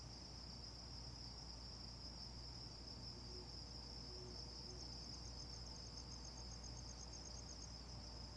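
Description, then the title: Insects sounding a constant high, shimmering trill, with a low steady hum beneath and a few faint softer tones midway. Recorded before dawn in Carefree, Arizona, with the low thrum of air conditioners. "Carefree Arizona, Predawn insects, the occasional car and Coyote"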